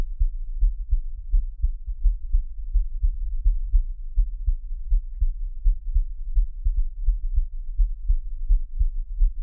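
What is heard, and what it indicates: Soft, muffled low thumps repeat at about 85 a minute in a steady rhythm, with no talking. It is an adult's own heartbeat heard up close, with a faint low hum underneath.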